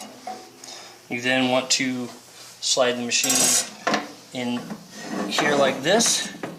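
The machine section of a Martin Yale Mark VII paper folding machine is being slid into the folder frame while someone talks, with light handling knocks and rattles under the voice, including a brief tap at 0.6 s. The section has not locked into place; nothing has seated or clicked yet.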